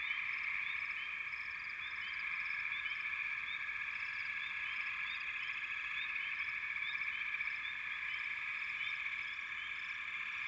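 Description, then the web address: Frogs calling in chorus, a steady unbroken mass of trills layered with frequent short high chirping notes from several callers. Frog chorus from the American wilds. "The Natural Sounds of the Wilderness 10 CDs collection Echoes of Nature - American Wilds Frog Chourus"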